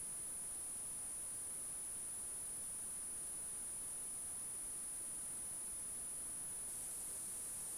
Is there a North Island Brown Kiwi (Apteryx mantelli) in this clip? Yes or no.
no